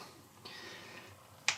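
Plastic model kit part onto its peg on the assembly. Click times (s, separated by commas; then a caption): 1.5 s. A plastic Gundam model kit part that had come off once is pressed back onto its mating peg on the assembly. A faint, sustained rustle runs from about 0.5 s to 1.0 s, then a sharp, bright pop at 1.5 s as the part seats firmly in place.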